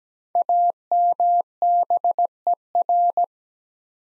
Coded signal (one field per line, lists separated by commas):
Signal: Morse code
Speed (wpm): 17 wpm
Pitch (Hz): 700 Hz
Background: none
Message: AMBER